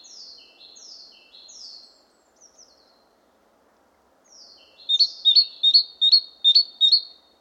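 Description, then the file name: Great tit calling: three slurred falling notes, a quiet pause, then a rapid, regular string of bright, metallic chinks. "Parus major"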